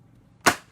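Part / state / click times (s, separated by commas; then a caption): folding platform of a manual die-cut and emboss machine latching into its closed position / seated / 0.5 s. The folding platform of a manual die-cut and emboss machine is folded up, and its plastic body snaps into its closed position. After near silence, one sharp, bright click lands at 0.5 s and fades quickly. The click confirms the machine is latched closed.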